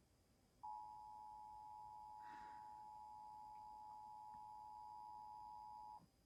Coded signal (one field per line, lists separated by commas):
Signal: Emergency Alert System (SAME) tones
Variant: 853 and 960 Hz attention tone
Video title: EAS: Tennessee RMT December 2022 on WTVF 5.1/5.2